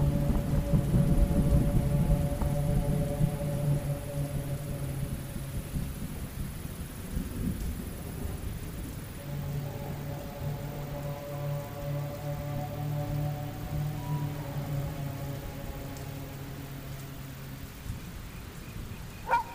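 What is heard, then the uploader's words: A dark village ambience: a steady low hum with a drone near 150 and 600 that fades out around six seconds, returns near nine and drops again by seventeen. Soft rain-like patter fills the background throughout, with a brief sharp knock at the very end. Lost in the dark village Asmr ambience.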